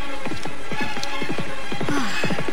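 A single horse's hooves clip-clop in a quick, uneven trotting rhythm as it follows along a route, a run of sharp knocking beats with no voices over them.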